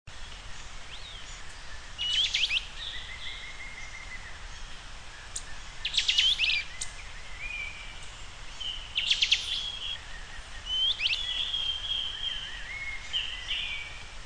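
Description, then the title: Bird song: several short bursts of sharp, buzzy trills over a steady background hiss. "LuckyPassaro Completos2Sama"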